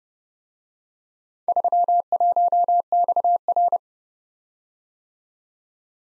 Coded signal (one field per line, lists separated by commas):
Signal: Morse code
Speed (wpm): 31 wpm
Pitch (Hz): 700 Hz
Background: none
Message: 31XR